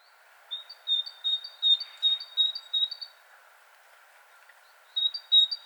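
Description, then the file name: Great tit giving a rapid series of clipped high notes, a long pause, then a few more, over a constant faint hum. "Parus major"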